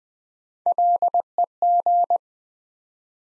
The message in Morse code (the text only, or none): LEG